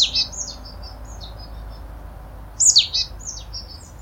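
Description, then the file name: Marsh tit giving two short bursts of high, sharp chirping notes, one at the start and one a little after halfway, separated by fainter thin notes over background hiss. "Poecile palustris"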